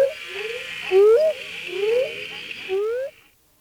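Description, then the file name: Northern spadefoot toad giving a few rising whoop-like notes, over a background hiss that cuts off at the end. "Notaden melanoscaphus"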